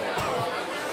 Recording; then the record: coughing mixed with background sound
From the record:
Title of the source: Mid-morning Winter Coughing Fit